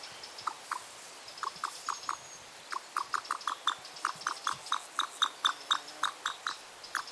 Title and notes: 2020 BIRD SOUNDS FROM THE FIELD - REEVES PHEASANT CALLS (NOT ALL GAMEBIRDS ARE EQUAL). the extraterrestrial sounding calls of the Wonderfully beautiful male Reeve's Pheasants